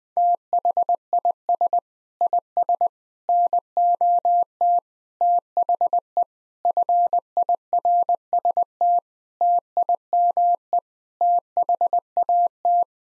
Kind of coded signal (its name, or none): Morse code